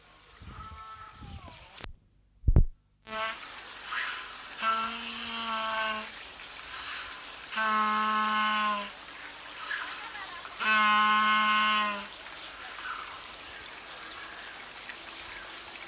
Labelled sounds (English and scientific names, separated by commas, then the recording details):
Southern Rockhopper Penguin (Eudyptes chrysocome) call
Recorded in captivity
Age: adult
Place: Zoo Berlin, Berlin, DE
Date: 1995-03-04 11:45
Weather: heiter bis wolkig, 1 - 5 °C
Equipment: Marantz CP 130, Sennheiser ME 80, Kopie Uher Variocord 263
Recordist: Tembrock, Günter